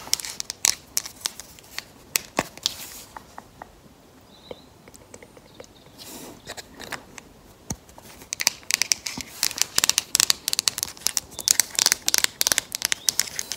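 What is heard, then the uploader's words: Acrylic nails tap out rapid, sharp clicks, crisp and bright. The tapping is busy for the first three seconds, thins to scattered taps through the middle, then returns quicker and denser from about eight seconds to the end. ASMR Tapping with Acrylic Nails.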